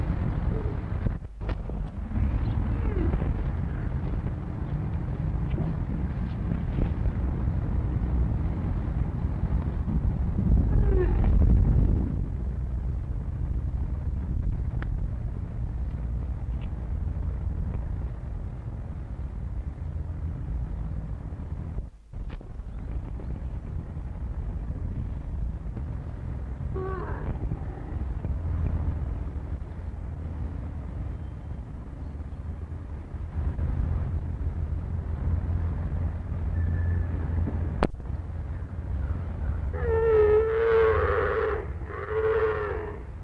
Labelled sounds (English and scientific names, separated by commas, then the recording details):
One-humped Camel (Camelus dromedarius) defence call
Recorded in captivity
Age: subadult
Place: Zoo Hannover, Niedersachsen, DE
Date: 1960-11-30 15:30
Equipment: Minifon, Kopie Smaragd
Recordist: Tembrock, Günter